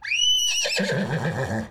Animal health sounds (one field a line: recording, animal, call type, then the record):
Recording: contact call of a hoofed animal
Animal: horse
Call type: whinny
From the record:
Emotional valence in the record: positive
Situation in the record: reunion with the whole group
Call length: 1.70 s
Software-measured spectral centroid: 3350 Hz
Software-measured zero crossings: 3870 a second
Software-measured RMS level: -24 dBFS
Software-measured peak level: -10 dBFS